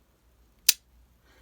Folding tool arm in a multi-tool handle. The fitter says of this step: it'll just snap on its own and it's it's very tight very